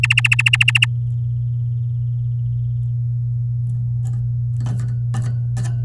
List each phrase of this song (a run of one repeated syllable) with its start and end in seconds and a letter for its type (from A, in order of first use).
0.03-0.85 A